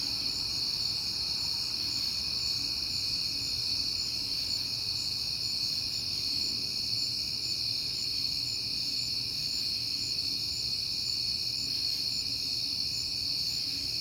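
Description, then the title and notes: Cricket chorus, unbroken and high, steady and pulsing throughout, with a quiet low hum underneath. Crickets heard often in September; recorded at night on a peaceful night. "Night Time: Crickets and Passing Cars. It is September and I have been hearing the crickets a lot"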